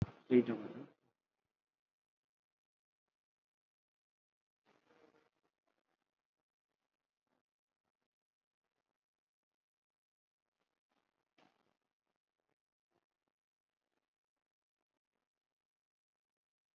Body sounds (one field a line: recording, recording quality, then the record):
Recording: shallow breathing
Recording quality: poor, much background noise or distortion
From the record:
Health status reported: COVID-19 positive, mild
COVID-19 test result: positive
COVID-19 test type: RT-PCR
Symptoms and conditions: cough, cold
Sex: male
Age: 22 years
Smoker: no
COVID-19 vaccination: one dose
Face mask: worn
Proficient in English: yes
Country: India